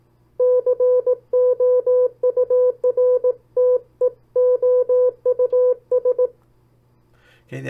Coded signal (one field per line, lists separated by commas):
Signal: Morse code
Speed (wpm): 18 wpm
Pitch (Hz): 500 Hz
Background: none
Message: COURTEOUS